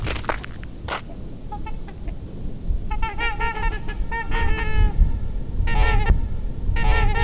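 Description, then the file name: Trumpeter swan giving nasal, trumpeting honks in uneven groups over a loud low rumbling background, with a few sharp clicks at the start. "Tamarac Whispers Trumpeter Swan"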